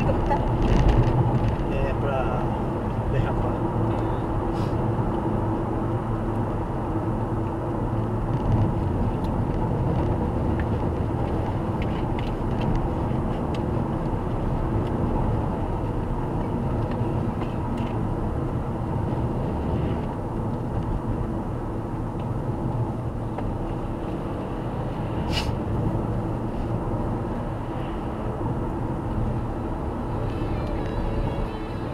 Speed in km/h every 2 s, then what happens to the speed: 93, 91, 87, 84, 83, 81, 82, 81, 77, 73, 69, 74, 77, 78, 81, 82.
0-9 slows to 81. 9-14 steady at about 81. 14-19 slows to 69. 19-32 speeds up to 82.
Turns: none.